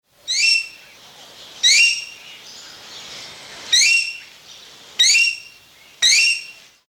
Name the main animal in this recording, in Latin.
Cissa chinensis